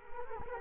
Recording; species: mosquito wingbeat signal from an infrared sensor; Culex quinquefasciatus